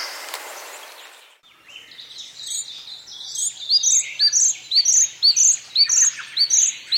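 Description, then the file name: Bird: after a short burst of noise, a bird begins high, quick chirps that grow louder and settle into a steady run of bright notes. "BIRD wbsw"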